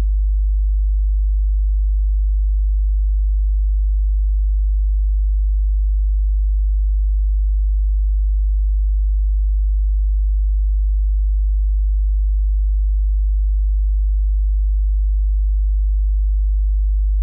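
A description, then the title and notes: A steady 50 Hz buzz, a pure low hum holding one unchanging pitch at constant loudness throughout, with nothing else audible. 50HZ Buzz.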